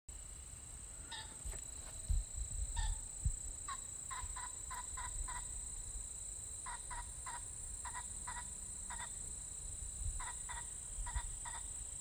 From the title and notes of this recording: Unidentified bird call.